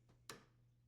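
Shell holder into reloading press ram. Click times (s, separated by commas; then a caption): 0.3 s. A metal RCBS number 3 shell holder is pushed sideways into the slot on a reloading press ram. It seats with a single sharp tick at 0.3 s over a faint steady hum, confirming it has snapped into place.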